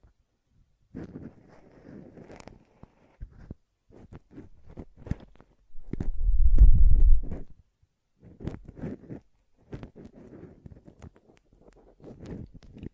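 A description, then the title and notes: Ear cleaning and blowing, heard as short scratchy rubbing bursts with quiet gaps between them, scattered through the clip. Around six to seven seconds a louder, low rushing blow swells and fades for about two seconds, then the irregular scratching resumes. ASMR Ear Cleaning and Blowing (No Talking).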